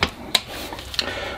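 A torque wrench set to 1.1 Nm gives the final tightening to a nut on a Solex 3800 moped engine with a Zamak housing. A sharp click at 0.4 s marks the wrench reaching its setting, with softer metallic ticks around 0.0 s and 1.0 s. The nut is torqued to spec.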